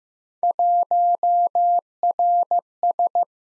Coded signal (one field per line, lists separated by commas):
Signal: Morse code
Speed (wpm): 18 wpm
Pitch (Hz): 700 Hz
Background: none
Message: 1RS